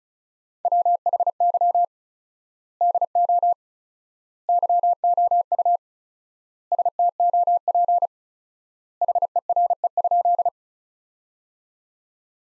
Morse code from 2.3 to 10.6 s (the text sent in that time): DO YOU STOP HERE?